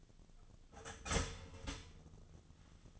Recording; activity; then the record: daily activity, microphone in the room; start toaster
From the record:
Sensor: 4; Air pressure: 1010.1 hPa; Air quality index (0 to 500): 180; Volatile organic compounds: 5 ppm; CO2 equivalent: 1825 ppm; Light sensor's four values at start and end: 23/68/27/27 and 23/68/27/26